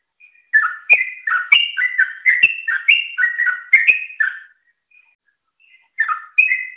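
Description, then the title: Yellow-vented bulbul song, a long run of cheerful, gurgling whistled phrases repeated quickly for about four seconds, a short pause, then two more phrases. "Suara Burung Trucukan"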